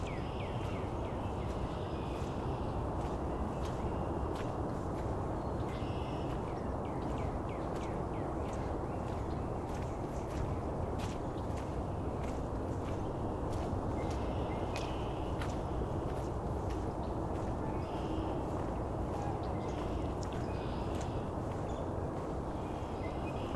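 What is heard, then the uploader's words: Red-winged Blackbirds and other birds call in short chirps, trills and sharp clicks that recur every few seconds, with clusters near the start, the middle and the end. A steady, dense low rumble runs underneath the whole time and nearly buries the birdsong. Today we visit Cootes Paradise in mid-March, and hear Red-winged Blackbirds, in addition to a number of other species. Recorded, engineered, narrated and created by Rob Porter.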